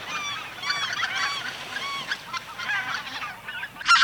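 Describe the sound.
White-fronted goose calls: clear, arched, musical yelping honks from several birds overlapping steadily, ending in a brief loud burst.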